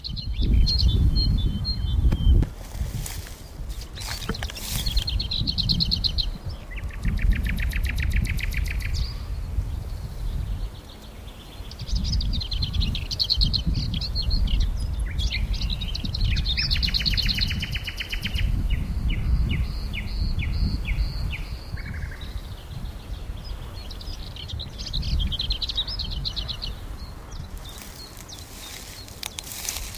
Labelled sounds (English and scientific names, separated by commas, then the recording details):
Lesser Whitethroat (Sylvia curruca) song
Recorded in the wild
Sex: male
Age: adult
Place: Mühlenbecker Land, OT Buchhorst, Naturpark Barnim, Brandenburg, DE
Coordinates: 52.6736, 13.3908
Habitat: pond
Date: 1988-04-30 12:05
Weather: sunny, 16-20°C
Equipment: Nagra SN, Kopie Tesla B 116
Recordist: Tembrock, Günter